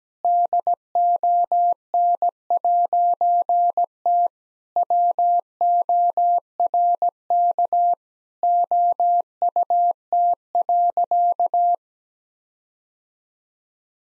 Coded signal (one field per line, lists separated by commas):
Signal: Morse code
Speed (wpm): 17 wpm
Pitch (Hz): 700 Hz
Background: none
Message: DON'T WORK OUT.